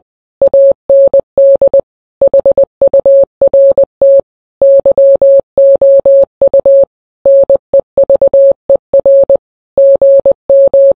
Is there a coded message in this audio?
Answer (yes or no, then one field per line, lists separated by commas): yes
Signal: Morse code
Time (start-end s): 0.4-10.9 s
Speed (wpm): 20 wpm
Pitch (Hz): 550 Hz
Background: none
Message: AND HURT YOU NEVER GM